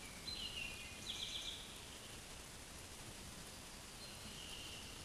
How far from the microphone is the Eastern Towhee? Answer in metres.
about 55 m